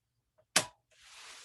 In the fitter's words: When I hear the click, I know that it has locked into place and it's not going to fall out of the tripod.